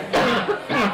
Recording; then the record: coughing mixed with background sound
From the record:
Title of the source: Barking cough - # 10